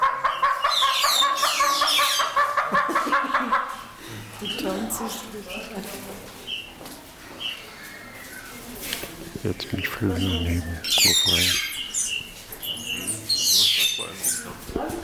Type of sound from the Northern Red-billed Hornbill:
call